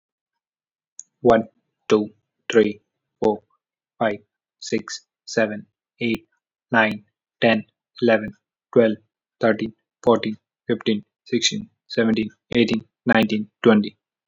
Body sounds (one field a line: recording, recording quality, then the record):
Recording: counting at a normal pace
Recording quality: excellent, no background noise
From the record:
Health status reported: healthy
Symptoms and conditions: cough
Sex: male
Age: 18 years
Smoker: no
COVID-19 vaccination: both doses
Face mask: worn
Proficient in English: yes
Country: India